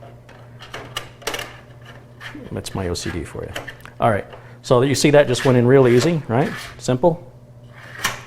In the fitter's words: locks in place now we don't have to worry about